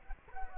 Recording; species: mosquito wingbeat signal from an infrared sensor; Culex quinquefasciatus